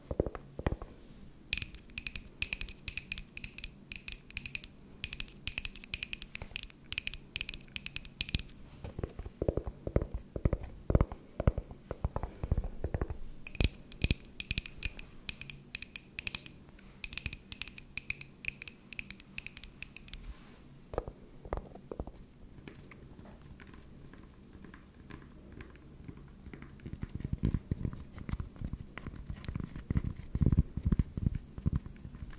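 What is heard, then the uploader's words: ASMR tapping: rapid, dense bursts of crisp clicking and fingertip taps, bright and busy in stretches from about 1 to 8 seconds and 13 to 20 seconds. Between them come slower, duller knocks, and near the end a low, soft rubbing patter takes over. Tapping ASMR.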